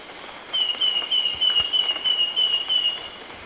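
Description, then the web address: Wing-banded Wren uttering a quick string of clear whistled notes on one pitch, with faint higher chirps from another bird at the start. Recorded in Ecuador. "Natures Songs S America Birds of Ecuador wing-banded Wren"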